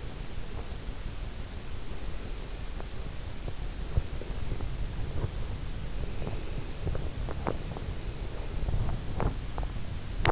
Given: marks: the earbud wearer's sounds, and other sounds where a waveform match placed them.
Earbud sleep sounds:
sounds in sleep by an in-ear microphone; teeth grinding
3.15-10.31 s: teeth grinding

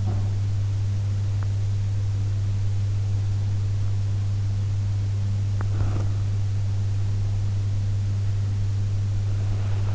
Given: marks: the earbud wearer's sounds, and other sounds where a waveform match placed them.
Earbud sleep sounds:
sounds in sleep by an in-ear microphone; teeth grinding, breath
0.00-0.36 s: teeth grinding
5.57-6.14 s: breath

